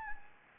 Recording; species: mosquito wingbeat signal from an infrared sensor; Anopheles gambiae